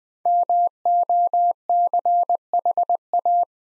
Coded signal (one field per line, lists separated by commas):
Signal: Morse code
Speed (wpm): 20 wpm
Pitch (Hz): 700 Hz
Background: none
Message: MOCHA